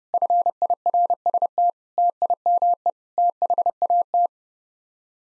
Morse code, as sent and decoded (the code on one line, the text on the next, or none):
..-. .. .-. ... - / - .. -- . / - .... .- -
FIRST TIME THAT